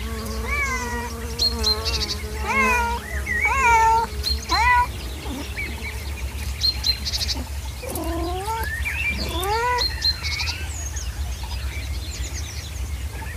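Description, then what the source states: Cat meowing repeatedly, a run of drawn-out, wavering meows followed by rising ones, with small birds chirping throughout and a low rumble underneath. Cat together with birds.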